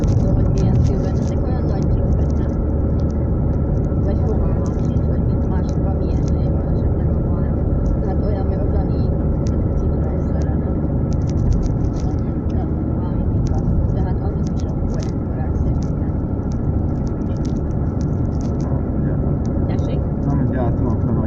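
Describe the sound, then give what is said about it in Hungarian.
A large car drives past, its deep, continuous engine rumble holding steady and fairly loud for about twenty seconds, with scattered higher clatter and faint murmuring voices over it. “Hát ez meg elég nagy autó.”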